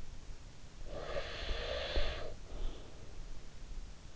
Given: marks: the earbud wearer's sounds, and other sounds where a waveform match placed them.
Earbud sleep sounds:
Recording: sounds in sleep by an in-ear microphone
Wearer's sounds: breath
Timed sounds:
0.43-3.34 s: breath

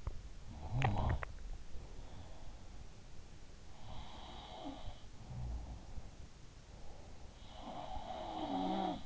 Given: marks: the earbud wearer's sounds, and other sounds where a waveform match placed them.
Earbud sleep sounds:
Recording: sounds in sleep by an in-ear microphone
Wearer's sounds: teeth grinding, breath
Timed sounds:
0.00-1.43 s: teeth grinding
1.65-3.08 s: breath
3.81-6.24 s: sound from someone else or the room
6.60-7.67 s: breath
6.90-9.06 s: sound from someone else or the room

